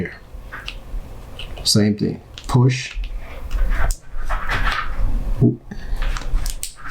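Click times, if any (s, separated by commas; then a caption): 6.6 s. Someone talks while the quick-release button on a Samsung Galaxy Watch band is pushed and the band is pressed onto the smartwatch case lug. The quick-release pin snaps into the lug with a sharp click at 6.6 s, and the band is seated.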